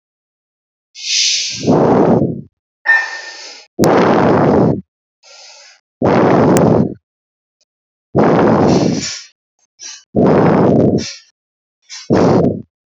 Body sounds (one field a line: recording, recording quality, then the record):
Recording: deep breathing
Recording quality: moderate, slight background noise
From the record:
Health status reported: healthy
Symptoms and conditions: fever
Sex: male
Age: 27 years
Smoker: not ticked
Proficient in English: yes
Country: India